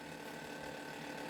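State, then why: Not seated. The handle of a homemade crankshaft inspection turntable is being turned, its index latch moving toward place. A steady broadband mechanical whir and hum runs through the clip, with no sharp transients. Nothing has seated or clicked yet.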